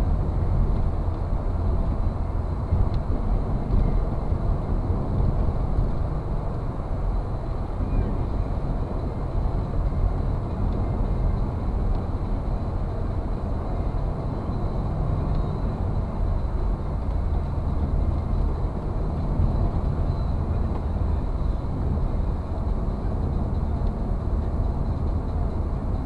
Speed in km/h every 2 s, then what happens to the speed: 66, 68, 70, 71, 71, 71, 68, 67, 67, 63, 63, 60, 61.
0-9 steady at about 70. 9-26 slows to 61.